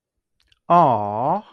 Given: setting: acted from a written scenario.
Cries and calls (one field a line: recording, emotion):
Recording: vocal sound without words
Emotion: adoration